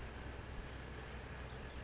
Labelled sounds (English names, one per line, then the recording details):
Oak Titmouse
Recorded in Sonoma County, California